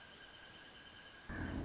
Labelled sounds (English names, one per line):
Wrentit